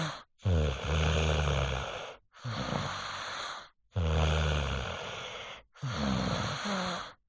Human child snoring 5 yo male deep sleep.